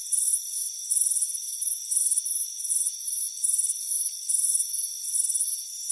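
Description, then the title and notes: Cricket chirping: dense trilled bursts in quick succession over a steady shrill background. Crickets chirping on a warm afternoon on a front porch. "Soothing Crickets Chirping Sound. It's a warm afternoon as you relax in a hammock on the front porch. Relax and fall asleep to the soothing sound of chirping crickets. Deep Sleep Sounds"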